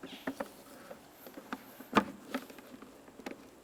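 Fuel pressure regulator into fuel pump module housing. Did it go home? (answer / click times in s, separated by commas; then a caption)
no / none. A new fuel pressure regulator for a 1994–2002 Dodge Ram 2500 is handled at its housing on the fuel pump module, with light scattered ticks and taps and one louder sharp hit near 2.0 seconds. The clip ends before the regulator is pushed past its locking point, so nothing has seated or clicked yet.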